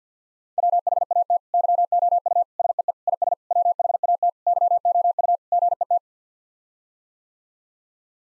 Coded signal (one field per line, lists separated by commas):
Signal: Morse code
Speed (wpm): 50 wpm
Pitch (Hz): 700 Hz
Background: none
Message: WHAT YOU SEE IS WHAT YOU GET